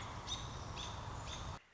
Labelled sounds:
American Robin (Turdus migratorius)
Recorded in Sonoma County, California

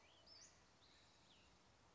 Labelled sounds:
Cassin's Vireo (Vireo cassinii)
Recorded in Sonoma County, California

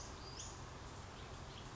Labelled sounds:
Western Flycatcher (Empidonax difficilis)
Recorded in Sonoma County, California

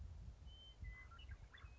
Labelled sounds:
Western Meadowlark (Sturnella neglecta)
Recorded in Sonoma County, California

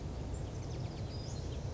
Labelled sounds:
Western Flycatcher (Empidonax difficilis)
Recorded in Sonoma County, California

